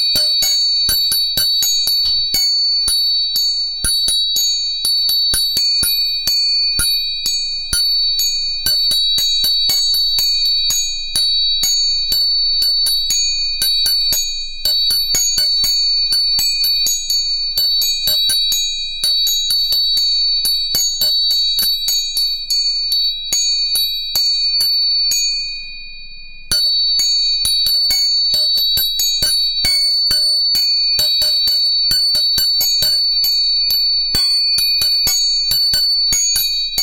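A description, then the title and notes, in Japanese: Three tuning forks ring together in a steady, bright, sustained chord with clear high tones that hardly fade. The tone runs unbroken, apart from a brief dip near the 26-second mark where it is quickly restruck, and a soft low hum sits faintly underneath. 音叉チューニング3本。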